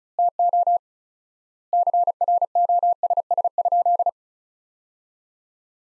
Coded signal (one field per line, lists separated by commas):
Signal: Morse code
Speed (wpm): 36 wpm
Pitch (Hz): 700 Hz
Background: none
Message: TO CROSS?